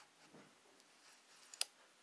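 A large manual Nikon lens is twisted onto a K&F Concept lens mount adapter on a Fuji X-mount mirrorless camera until the bayonet latch catches. Soft handling rustles and a faint tick at 1.5 s lead to a sharp, bright click at 1.6 s as the lock pin snaps in and the lens seats in the adapter.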